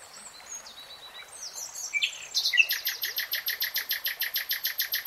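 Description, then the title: Nightingale song opening with scattered chirps and short whistles, then breaking into a loud, steady series of rapid repeated clicking notes. Nightingale singing in real time. "[Tiếng chim hót] 3 Hours REALTIME Nightingale Singing"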